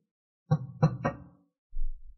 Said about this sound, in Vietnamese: nghe tiếng gõ cửa.